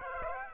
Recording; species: mosquito wingbeat signal from an infrared sensor; Aedes aegypti